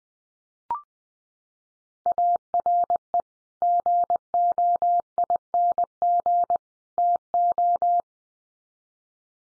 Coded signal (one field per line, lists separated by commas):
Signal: Morse code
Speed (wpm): 20 wpm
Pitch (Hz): 700 Hz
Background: none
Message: ARE GOING TO